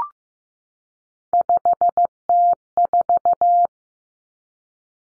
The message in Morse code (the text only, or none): 5T4